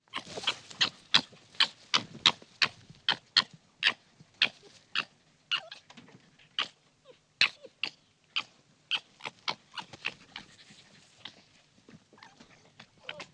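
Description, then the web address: Red fox cub calls, a long series of short harsh yelping clicks, becoming softer and more scattered toward the end. Young female fox (vixen). "mloda lisica"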